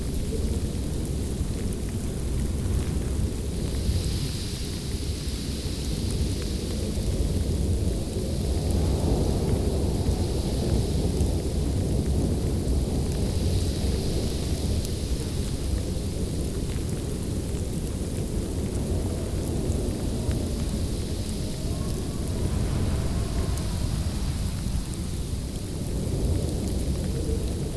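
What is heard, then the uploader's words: A blizzard roars without pause, a heavy low rumble of wind filling the whole 28 seconds at a steady loudness. Softer hissing rides above it, with faint whistling gusts rising and fading around 4 to 6 seconds and again near 14. Intense Snow Blizzard Sounds.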